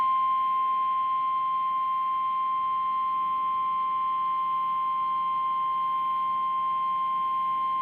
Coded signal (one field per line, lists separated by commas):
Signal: Emergency Alert System (SAME) tones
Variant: 1050 Hz attention tone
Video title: Tornado Warning EAS on WLBZ and WABI